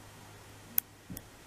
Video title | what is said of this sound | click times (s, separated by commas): Kaiser Baas X230 Action Camera - Unboxing and Hands-On | You Hear The Click | 0.8 s